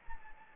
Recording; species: mosquito wingbeat signal from an infrared sensor; Anopheles gambiae